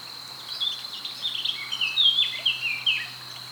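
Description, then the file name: Eurasian blackcap giving a fast run of bright, slurred descending notes, with a constant high whine underneath. "Sylvia atricapilla"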